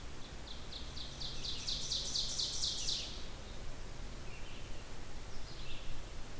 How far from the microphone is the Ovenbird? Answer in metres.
about 50 m